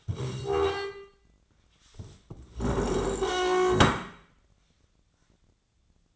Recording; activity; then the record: daily activity, microphone in the room; stand up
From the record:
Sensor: 3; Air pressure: 1012.3 hPa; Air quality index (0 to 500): 174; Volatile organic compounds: 3 ppm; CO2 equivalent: 1336 ppm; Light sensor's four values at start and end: 53/137/60/63 and 98/204/105/118